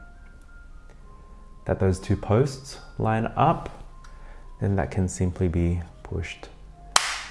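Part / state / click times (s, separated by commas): LCD locking plate onto the instrument cluster display frame / seated / 7.0 s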